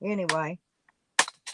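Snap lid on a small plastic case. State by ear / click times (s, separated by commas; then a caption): released / 1.2 s. Someone talks, then the snap lid on a small plastic case, apparently holding a PNY product, is pried and pops open with a sharp snap at 1.2 s. A faint tick comes just before it, and a short rattle follows. The lid is released and the case is open.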